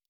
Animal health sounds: hydrophone in a shrimp aquaculture tank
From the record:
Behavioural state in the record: normal

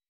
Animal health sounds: hydrophone in a shrimp aquaculture tank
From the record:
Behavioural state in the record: weakened

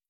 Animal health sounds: hydrophone in a shrimp aquaculture tank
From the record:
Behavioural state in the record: starved

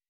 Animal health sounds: hydrophone in a shrimp aquaculture tank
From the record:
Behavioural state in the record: weakened

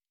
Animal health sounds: hydrophone in a shrimp aquaculture tank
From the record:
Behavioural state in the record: normal

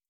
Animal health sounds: hydrophone in a shrimp aquaculture tank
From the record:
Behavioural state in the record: starved

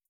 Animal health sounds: hydrophone in a shrimp aquaculture tank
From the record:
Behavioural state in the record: feeding

